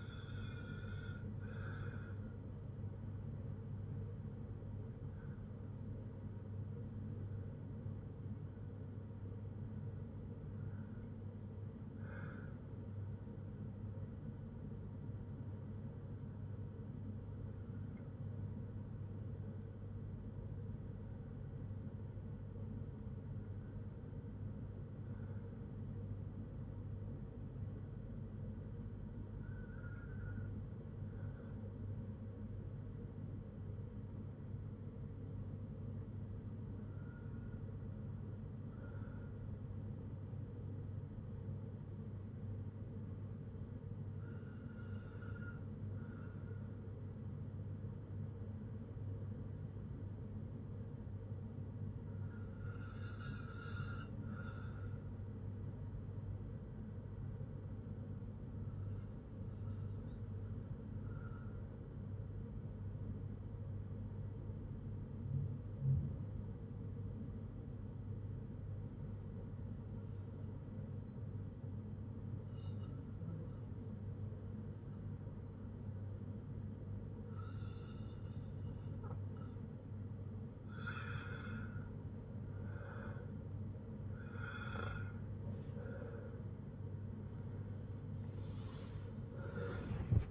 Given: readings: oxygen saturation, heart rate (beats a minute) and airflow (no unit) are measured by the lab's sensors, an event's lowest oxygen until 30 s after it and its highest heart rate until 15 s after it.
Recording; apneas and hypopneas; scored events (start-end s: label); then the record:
breathing in sleep by a smartphone at the bedside; 1
20.00-79.90 s: hypopnea (N1, oxygen 98% highest, then 93% lowest, heart rate 57 at the start, 83 highest)
53.00-83.00 s: new sleep stage, REM sleep
83.00-90.31 s: new sleep stage, N1 (lightest sleep)
From the record:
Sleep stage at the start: N1 (lightest sleep); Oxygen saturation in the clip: 93 to 98%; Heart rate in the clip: 57 to 77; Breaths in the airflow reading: 19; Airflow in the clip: -5.4 to 6.9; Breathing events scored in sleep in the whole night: 182 in 7.4 hours asleep